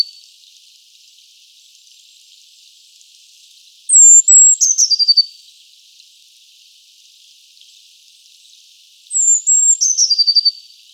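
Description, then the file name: Eurasian blue tit giving two phrases about five seconds apart, each a high thin whistle dropping into a quick run of lower, slightly buzzy notes; faint hiss between. Nominate subspecies Cyanistes caeruleus caeruleus. "Mėlynoji zylė - Eurasian Blue Tit - Cyanistes caeruleus caeruleus"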